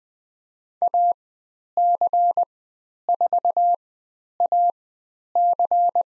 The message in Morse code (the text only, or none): AC4AC